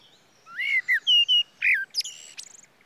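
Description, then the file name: Common blackbird song: one mellow, fluting warbled phrase that ends in a squeaky, high twitter. There is little background noise. "Turdus merula"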